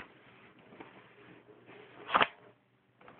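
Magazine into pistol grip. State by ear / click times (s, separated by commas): seated / 2.2 s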